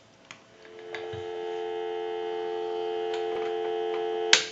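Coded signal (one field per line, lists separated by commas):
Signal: telephone call progress tone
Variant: North America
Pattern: dial tone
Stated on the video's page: Call progress tone on an Automatic Electric 3-slot payphone during checkout and repair conversion.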